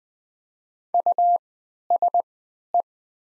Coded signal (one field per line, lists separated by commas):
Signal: Morse code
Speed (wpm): 20 wpm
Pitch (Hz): 700 Hz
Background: none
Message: USE